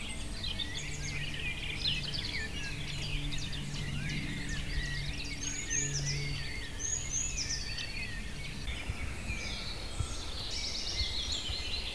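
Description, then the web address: Bird: dense chorus of many birds, chirps and whistles overlapping throughout, with a low hum in the background for part of it. Recorded in Auquainville, France, during a holiday in 2001. "Holiday 2001 in France Auquainville - more birds"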